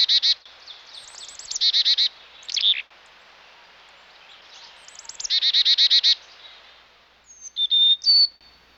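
Chickadee calls, several runs of rapid buzzy dee notes introduced by high chips, then a few clear whistled notes near the end.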